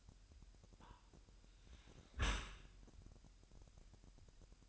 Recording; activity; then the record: daily activity, microphone in the room; close dishwasher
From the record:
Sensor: 2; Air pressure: 998.0 hPa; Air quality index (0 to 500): 148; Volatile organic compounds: 4 ppm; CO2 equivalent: 1676 ppm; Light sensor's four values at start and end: 10/29/11/11 and 10/29/11/11